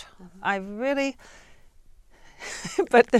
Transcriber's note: she laughs